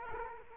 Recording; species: mosquito wingbeat signal from an infrared sensor; Culex quinquefasciatus